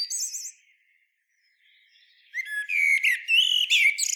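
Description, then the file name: Common blackbird song with a brief high twitter, a short silence, then loud strident warbled notes and squeaky flourishes. "Turdus merula"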